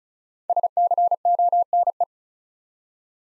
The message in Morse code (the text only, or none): SCONE